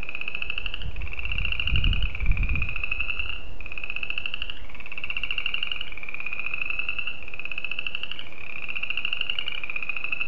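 Spring peepers keep up a high buzzy pulsing drone in short pitch-shifting segments, with a couple of low thumps near the start.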